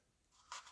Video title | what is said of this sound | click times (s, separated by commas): Into to T3 Tactical Tuesday Talks. | I don't know if you can hear it locking in place. | 0.5 s